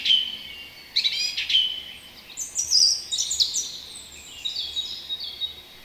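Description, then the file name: Song thrush giving loud whistled notes followed by a run of high, twittering phrases. "turdus philomelos"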